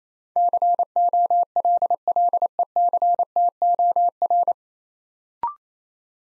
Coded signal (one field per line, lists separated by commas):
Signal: Morse code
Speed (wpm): 28 wpm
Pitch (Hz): 700 Hz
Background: none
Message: COLLECTOR